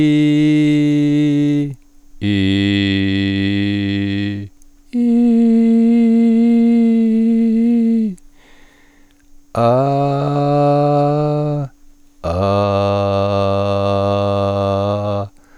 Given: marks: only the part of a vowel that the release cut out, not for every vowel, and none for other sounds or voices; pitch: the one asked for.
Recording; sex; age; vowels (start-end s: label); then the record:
sustained vowels; male; 60 to 69 years
0.00-1.53 s: vowel /i/, normal pitch
2.36-4.23 s: vowel /i/, low pitch
5.61-7.58 s: vowel /i/, high pitch
9.98-10.98 s: vowel /a/, normal pitch
13.25-14.89 s: vowel /a/, low pitch
From the record:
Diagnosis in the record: healthy voice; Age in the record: 68 years